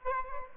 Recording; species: mosquito wingbeat signal from an infrared sensor; Aedes albopictus